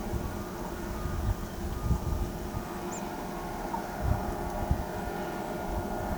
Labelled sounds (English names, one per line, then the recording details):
Tropical Kingbird
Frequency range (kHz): Tropical Kingbird 5.7-7.5 kHz
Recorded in pastures near Pivijay, Magdalena, Colombia, on 17 April 2023 at 14:30
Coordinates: 10.456, -74.369
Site P6-G026